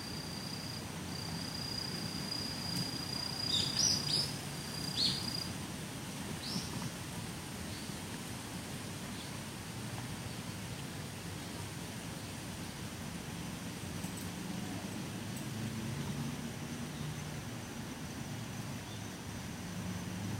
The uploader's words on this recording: とある鳥鳴く風の強い木々の中. Birds singing in the windy trees. 人目につかないところにマイクを放置しといて収録。